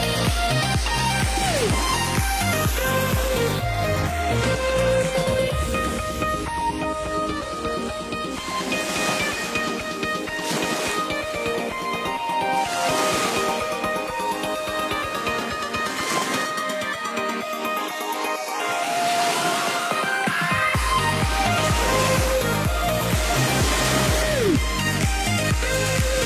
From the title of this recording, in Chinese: 清爽电音配海浪